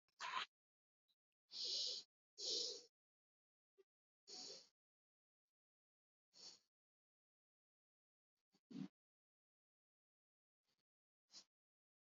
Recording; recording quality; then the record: shallow breathing; excellent, no background noise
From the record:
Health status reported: COVID-19 positive, mild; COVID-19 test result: positive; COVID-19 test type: RT-PCR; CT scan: not taken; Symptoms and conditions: cold, sore throat, muscle pain, hypertension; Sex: female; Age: 52 years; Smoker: no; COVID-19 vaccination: both doses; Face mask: not worn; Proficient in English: yes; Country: India